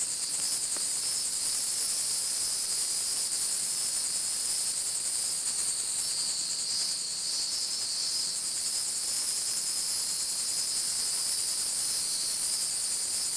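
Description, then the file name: Cicada: high, unbroken buzzing drone of cicadas, finely pulsing and steady across the whole stretch with no other clear sounds. Insect noise recorded at Fort Matanzas. "phb. insect noise at ft matanzas"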